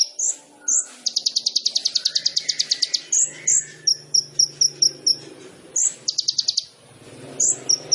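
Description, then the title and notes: Sunbird song of rapid high buzzy trills repeated in bursts, mixed with sharp high chips and short clicking notes. Indonesian masteran training song of a gacor kolibri ninja with full fill-in phrases (isian) and shots (tembakan), used as a lure to provoke other birds to sing. "MASTERAN KOLIBRI NINJA TERBAIK FULL ISIAN DAN TEMBAKAN MEWAH COCOK BUAT PANCINGAN. Suara Burung Kolibri Ninja Gacor"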